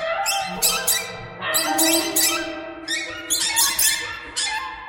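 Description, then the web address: Bird squawks in loose groups of harsh notes, with thin squeaky tones running between them. "soundfactory birds"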